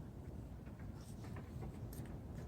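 A plastic electrical connector is pushed onto the EVAP vent valve (vent solenoid) of a 2014 Chevrolet Silverado with code P0446. Over a steady low rumble, only a few faint, brief ticks are heard. The connector has not latched, so nothing has seated or clicked yet.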